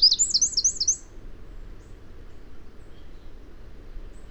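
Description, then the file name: Eurasian wren delivering a single brief burst of high, fast looping trill notes lasting about a second, followed by quiet background hum. "Troglodytes troglodytes"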